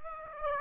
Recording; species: mosquito wingbeat signal from an infrared sensor; Aedes aegypti